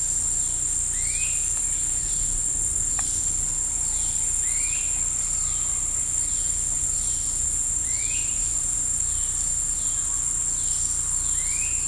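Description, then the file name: Insect chorus drones continuously at a high pitch; a bird adds brief upslurred whistles several times. Bugs heard with birds in the woods of Costa Rica. "Birds and bugs in the woods of Costa Rica"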